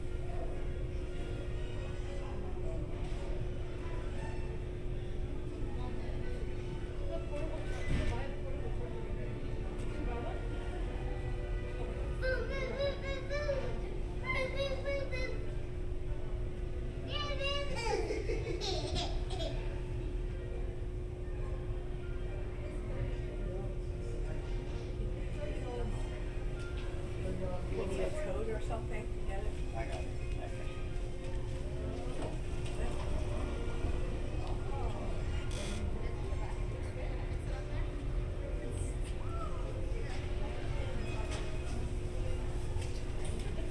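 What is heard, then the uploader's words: Hotel lobby ambience with a steady low rumble and a constant hum tone, scattered voices, and brief bright sounds around eighteen seconds. Disneyland Hotel Fantasy Tower Binaural Ambience.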